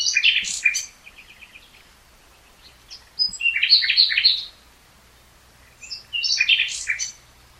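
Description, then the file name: Common nightingale song: three varied phrases of high chirps, whistles and quick trills, separated by pauses. "Luscinia megarhynchos"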